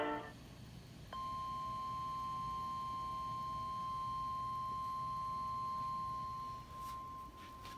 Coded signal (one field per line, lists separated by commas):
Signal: Emergency Alert System (SAME) tones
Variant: 1050 Hz attention tone